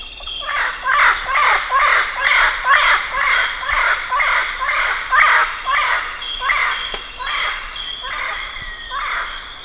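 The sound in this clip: Bird calls: harsh, cawing notes repeated about twice a second in a series that slows toward the end, with a faint high hiss in the background.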